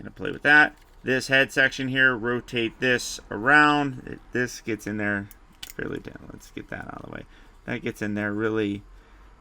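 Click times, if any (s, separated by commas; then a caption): none. Someone talks while handling a Transformers Studio Series 86 Deluxe Class Perceptor transforming robot figure, rotating its head section and pressing a plastic section tightly into a slot in the body. Soft handling sounds are heard under the talking. The clip ends before the part goes home, so nothing has seated or clicked yet.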